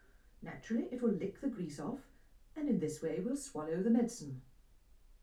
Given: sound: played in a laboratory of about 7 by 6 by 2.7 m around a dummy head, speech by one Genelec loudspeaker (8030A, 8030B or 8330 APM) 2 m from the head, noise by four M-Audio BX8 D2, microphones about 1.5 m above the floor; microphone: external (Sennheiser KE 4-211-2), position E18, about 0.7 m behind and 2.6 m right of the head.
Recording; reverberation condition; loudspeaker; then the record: female speech in English; low; behind (180 degrees)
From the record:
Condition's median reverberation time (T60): about 310 ms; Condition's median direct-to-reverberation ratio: about 3.5 dB